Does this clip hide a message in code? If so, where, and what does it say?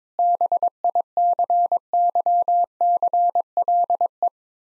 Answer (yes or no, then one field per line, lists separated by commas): yes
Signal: Morse code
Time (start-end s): 0.2-4.3 s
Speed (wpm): 22 wpm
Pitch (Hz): 700 Hz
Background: none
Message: BICYCLE